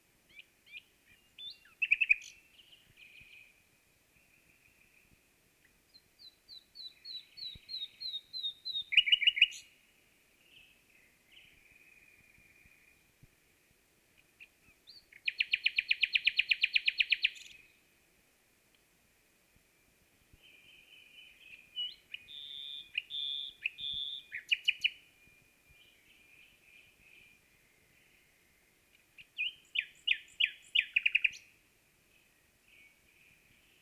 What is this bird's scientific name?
Luscinia megarhynchos